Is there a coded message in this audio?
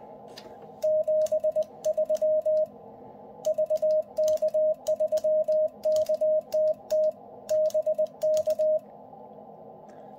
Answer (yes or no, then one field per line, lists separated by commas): yes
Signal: Morse code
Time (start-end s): 0.8-8.8 s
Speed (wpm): 20 wpm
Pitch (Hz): 620 Hz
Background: radio noise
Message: 73 VK3KTT BK